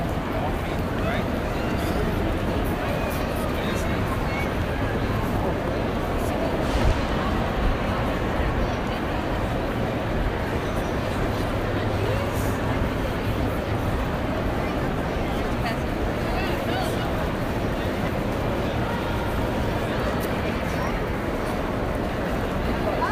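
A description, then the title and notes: New York City street and subway noise: a steady, dense low rumble of traffic or trains runs without a break, with a murmur of voices mixed in. Small clicks and knocks come through now and then, and the overall level barely changes. Grand Central Station.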